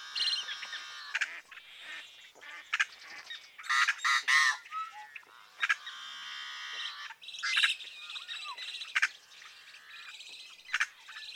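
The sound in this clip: Yellow-headed Blackbird song: grating buzzes and creaky rattles mixed with squawks, in several loud bursts.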